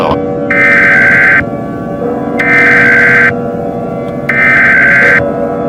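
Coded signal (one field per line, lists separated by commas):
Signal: Emergency Alert System (SAME) tones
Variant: header bursts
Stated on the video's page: Fictional EAS scenario (simulated) about a Roblox Slender outbreak.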